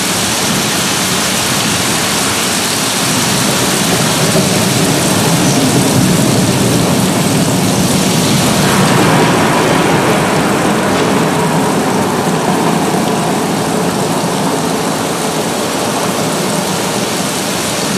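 Steady rain falls throughout, a dense, even hiss that fills the low and high ranges alike with no pauses. Around eight or nine seconds the texture shifts slightly, growing a little brighter and rougher, then holds at a constant level to the end.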